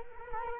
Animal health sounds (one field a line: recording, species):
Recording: mosquito wingbeat signal from an infrared sensor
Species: Culex quinquefasciatus